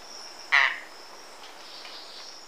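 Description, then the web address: Golden-winged manakin giving one brief, coarse note near the start, while a constant high-pitched insect drone runs throughout. Recorded in Ecuador. "Birds of Ecuador. Golden-winged Manakin"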